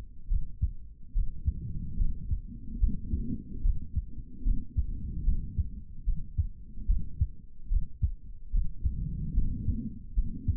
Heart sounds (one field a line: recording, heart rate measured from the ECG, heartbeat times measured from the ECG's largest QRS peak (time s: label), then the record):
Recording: heart sounds by stethoscope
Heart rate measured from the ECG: 73 bpm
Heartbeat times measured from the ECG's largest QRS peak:
0.28 s: heartbeat
1.13 s: heartbeat
1.97 s: heartbeat
2.79 s: heartbeat
3.62 s: heartbeat
4.43 s: heartbeat
5.24 s: heartbeat
6.05 s: heartbeat
6.86 s: heartbeat
7.69 s: heartbeat
8.51 s: heartbeat
9.34 s: heartbeat
10.14 s: heartbeat
From the record:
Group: healthy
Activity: rest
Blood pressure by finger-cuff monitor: 111/90 mmHg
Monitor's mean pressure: 98 mmHg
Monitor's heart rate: 73 bpm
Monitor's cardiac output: 3.2 L/min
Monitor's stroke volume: 45 mL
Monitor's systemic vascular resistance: 2220 dyn s/cm5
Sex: male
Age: 55 years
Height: 167 cm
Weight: 57.2 kg